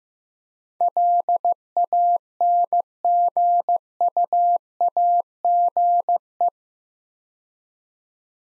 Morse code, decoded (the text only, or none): LANGUAGE